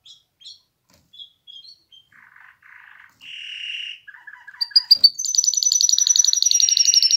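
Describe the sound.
Canary song building from scattered soft chirps and short buzzy rolls to a loud, fast high trill at the end.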